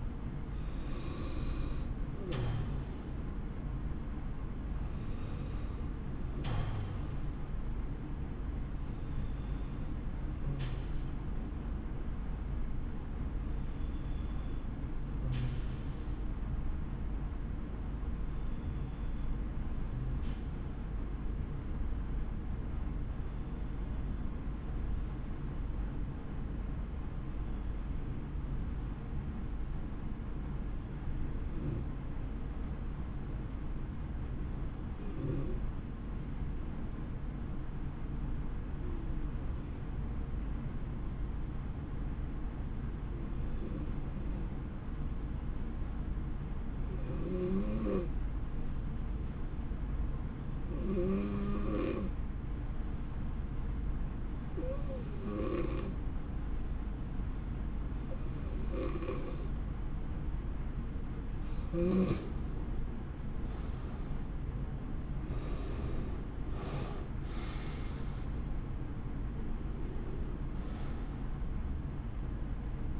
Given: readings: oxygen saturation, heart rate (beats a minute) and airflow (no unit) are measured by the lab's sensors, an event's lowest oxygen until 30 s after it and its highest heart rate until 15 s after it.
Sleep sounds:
breathing in sleep by a smartphone at the bedside; 1
12.00-60.00 s: hypopnea (N2, oxygen 94% highest, then 84% lowest, heart rate 65 at the start, 75 highest)
From the record:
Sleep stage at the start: N2 (light sleep); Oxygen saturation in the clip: 84 to 94%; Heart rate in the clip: 64 to 82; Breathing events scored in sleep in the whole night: 160 in 9.3 hours asleep

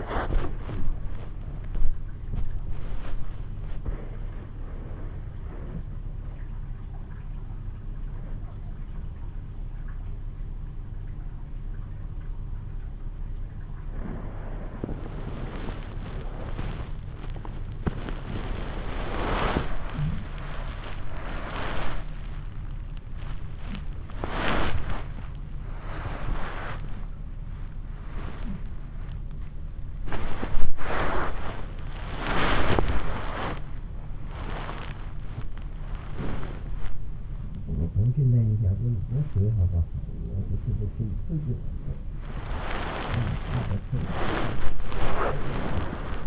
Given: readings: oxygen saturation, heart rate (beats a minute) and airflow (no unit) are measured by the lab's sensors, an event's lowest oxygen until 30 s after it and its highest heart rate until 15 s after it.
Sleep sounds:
a person awake in a sleep study, by a smartphone at the bedside; none
0.00-46.26 s: awake
From the record:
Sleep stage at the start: awake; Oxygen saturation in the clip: 93 to 95%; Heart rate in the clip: 64 to 69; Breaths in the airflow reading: 11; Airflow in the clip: -6.8 to 10.0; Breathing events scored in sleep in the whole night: 388 in 6.5 hours asleep

